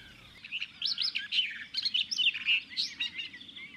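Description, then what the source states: Barred Warbler song: a fast, scratchy warble of varied chattering and whistled notes, delivered in a continuous burst of about three seconds with no other clear sounds. Territorial song.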